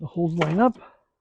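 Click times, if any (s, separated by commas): none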